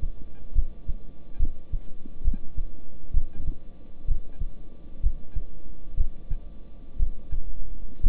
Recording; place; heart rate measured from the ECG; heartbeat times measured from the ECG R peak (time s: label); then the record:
heart sounds by stethoscope; between the tricuspid and mitral areas; 64 bpm
0.53 s: heartbeat
1.37 s: heartbeat
2.22 s: heartbeat
3.11 s: heartbeat
4.06 s: heartbeat
5.01 s: heartbeat
5.95 s: heartbeat
6.97 s: heartbeat
8.01 s: heartbeat
From the record:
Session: rest, lying down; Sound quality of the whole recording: good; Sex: male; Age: 26 years